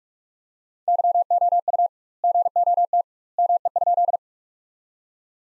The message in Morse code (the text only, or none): YOU GOT ME?